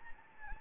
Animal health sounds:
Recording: mosquito wingbeat signal from an infrared sensor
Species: Anopheles gambiae

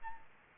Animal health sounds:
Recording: mosquito wingbeat signal from an infrared sensor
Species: Aedes albopictus

